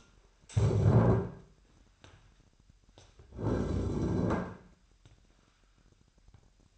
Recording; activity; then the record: daily activity, microphone in the room; stand up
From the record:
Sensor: 2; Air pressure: 998.3 hPa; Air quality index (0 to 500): 128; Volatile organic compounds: 3 ppm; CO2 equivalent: 1448 ppm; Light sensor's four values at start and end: 7/16/7/7 and 5/12/5/6